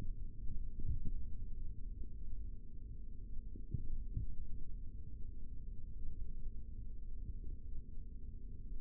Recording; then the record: forearm muscle sounds (acoustic myography)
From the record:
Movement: rest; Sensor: system 3, bracelet of six PUI Audio POM-2738L microphones around the upper forearm, with dedicated amplification and filtering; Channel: 2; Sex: male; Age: 25 years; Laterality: right